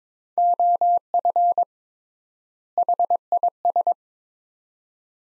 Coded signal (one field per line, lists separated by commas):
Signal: Morse code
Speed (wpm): 22 wpm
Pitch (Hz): 700 Hz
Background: none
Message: OF HIS